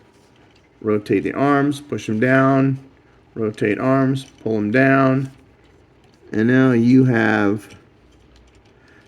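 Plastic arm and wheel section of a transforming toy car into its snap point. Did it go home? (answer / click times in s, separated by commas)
no / none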